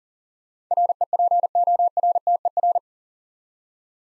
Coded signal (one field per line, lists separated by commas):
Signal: Morse code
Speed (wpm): 40 wpm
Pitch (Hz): 700 Hz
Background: none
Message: REPORTER